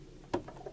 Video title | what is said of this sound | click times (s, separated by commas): Sewing Machine Feet Types [For Beginners] | so that it pops out of place to | 0.3 s